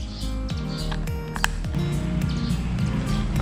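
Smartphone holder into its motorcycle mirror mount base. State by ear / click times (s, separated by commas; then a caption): seated / 1.4 s. A smartphone holder is pushed onto its motorcycle mirror mount base, which has a locking button, over background music. A sharp, loud click at 1.4 s shows the holder seating into its locking base.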